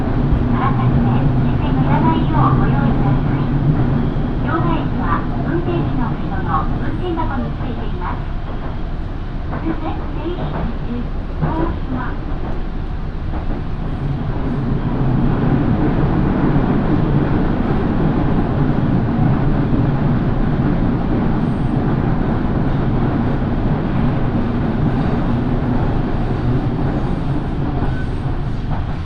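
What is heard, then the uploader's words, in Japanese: Riding a local train on the Minobu Line, the car gives a steady low rumble and droning hum at an even level for the whole half minute. Faint voices and short clicks and squeaks come and go, busier in the first fifteen seconds. 身延線普通 芝川→身延。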